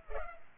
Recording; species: mosquito wingbeat signal from an infrared sensor; Culex pipiens